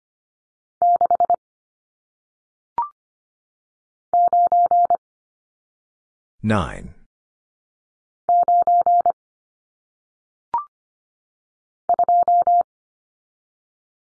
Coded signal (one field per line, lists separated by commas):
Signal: Morse code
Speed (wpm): 25 wpm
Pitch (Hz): 700 Hz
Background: none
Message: 6 9 9 2